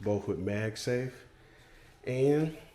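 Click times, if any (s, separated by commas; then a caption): none. A phone in a Nomad and Peak Design rugged case is handled at a bike handlebar mount, where it attaches magnetically with MagSafe and mechanically with a Peak Design Slim Lock latch. Someone talks throughout, with a quieter pause around 1.2 to 2.0 seconds. Nothing has seated or clicked yet.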